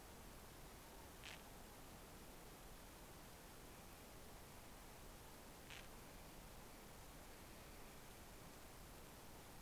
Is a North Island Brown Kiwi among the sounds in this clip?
no